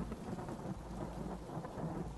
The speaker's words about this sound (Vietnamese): Ở ngoài trời cơn mưa vừa tạnh ban nãy bây giờ đã quay trở lại. kèm theo cả tiếng sấm chớp giật đùng đùng.